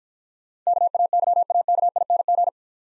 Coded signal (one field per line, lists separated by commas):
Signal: Morse code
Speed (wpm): 49 wpm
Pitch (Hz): 700 Hz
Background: none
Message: KAYAKING